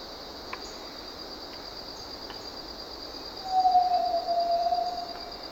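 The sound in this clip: Yellow-legged tinamou call, one long steady pure whistle, slightly falling, lasting under two seconds, over a constant high insect hum and faint background noise.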